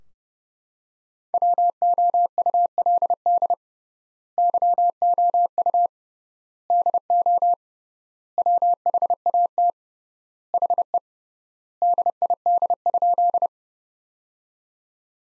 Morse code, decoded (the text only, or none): WOULD YOU DO WHAT HE DID?